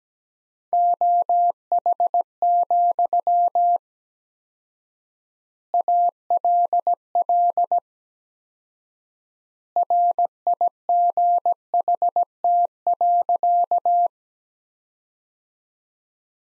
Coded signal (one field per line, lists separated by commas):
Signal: Morse code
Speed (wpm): 17 wpm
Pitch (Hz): 700 Hz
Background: none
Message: OH, ALL RIGHT.